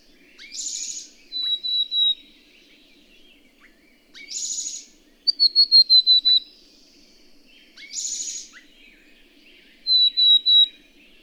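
Bird repeating a buzzy, hissing note followed by bright, high whistled notes, once a run of six slightly descending whistles, the pattern recurring about every four seconds.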